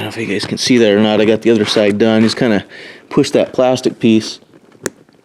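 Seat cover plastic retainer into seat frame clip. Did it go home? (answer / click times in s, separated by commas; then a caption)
yes / 4.9 s. Someone talks while pushing the plastic retainer piece of a Chevrolet Silverado Duramax seat cover down into its clip on the seat frame. A sharp snap at 4.9 s marks the retainer seating in place, followed by a few faint ticks in the quiet.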